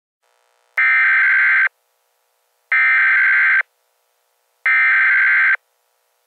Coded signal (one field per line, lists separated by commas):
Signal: Emergency Alert System (SAME) tones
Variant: header bursts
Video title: Emergency Alert System - A day called X